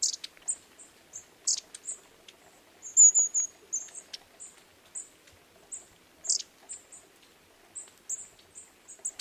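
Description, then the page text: Long-tailed tit calls: many high, thin notes with a few sharper, louder bursts, against a quiet background. "Jarek Matusiak - Длиннохвостая синица (Aegithalos caudatus)"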